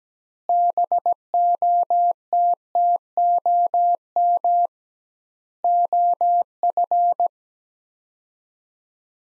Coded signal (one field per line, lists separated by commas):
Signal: Morse code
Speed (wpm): 17 wpm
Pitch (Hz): 700 Hz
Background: none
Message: BOTTOM OF